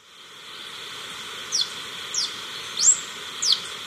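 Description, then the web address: Yellow-throated bush tanager song: four thin, high, quickly sliding notes, spaced well apart, against a background hiss. Recorded in Ecuador. "Birds of Ecuador Yellow-Throated Bush-Tanager"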